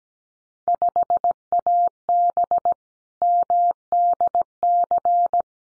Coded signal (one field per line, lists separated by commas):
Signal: Morse code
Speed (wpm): 17 wpm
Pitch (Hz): 700 Hz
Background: none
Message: 5AB MDC